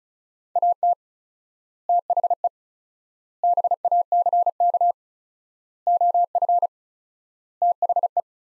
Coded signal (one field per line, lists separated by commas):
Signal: Morse code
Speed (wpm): 36 wpm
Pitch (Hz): 700 Hz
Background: none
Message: AT THE BACK OF THE